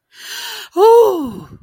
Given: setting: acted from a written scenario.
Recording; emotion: vocal sound without words; positive surprise